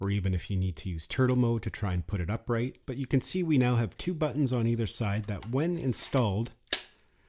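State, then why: Seated. Someone talks while a flight battery is pushed into the rear battery bay of a DJI Avata 2 FPV drone. The latch buttons on both sides catch with a sharp click at 6.7 s, and the battery is seated securely.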